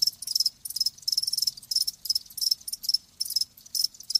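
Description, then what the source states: Crickets chirping in quick, high-pitched pulsed bursts separated by short gaps. Live crickets chirping with a lulling song.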